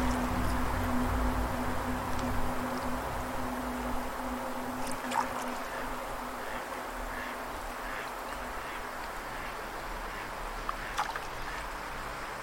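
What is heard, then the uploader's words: Wind, water and birds make a steady outdoor bed, with a low continuous rumble and a faint hum underneath. Short bird calls and chirps pop up now and then, most noticeably around five seconds and again near eleven seconds. Wind, Birds, Water, and Frogs.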